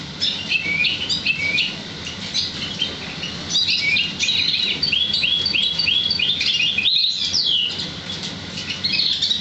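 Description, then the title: Oriental magpie-robin singing a fast medley of chirps and sweeping whistles, including a slurred series, over steady background noise. "Kicau Kacer"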